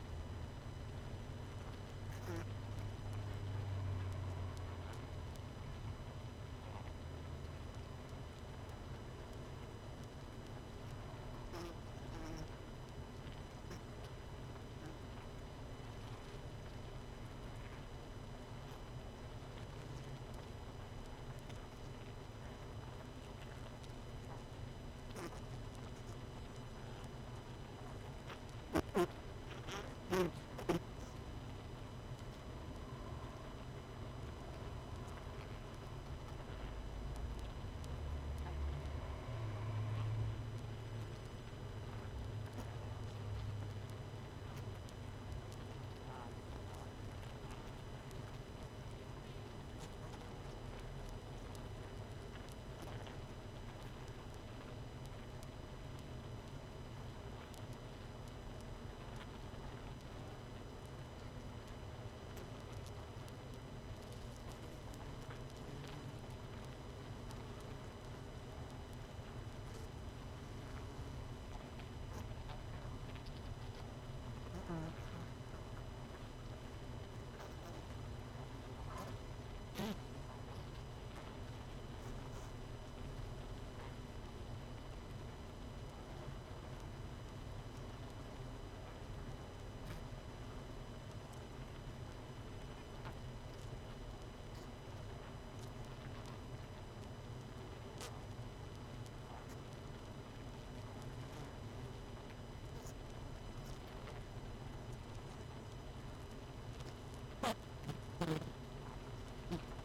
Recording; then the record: honeybee colony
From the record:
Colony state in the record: missing queen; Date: 31 May 2018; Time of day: 21:47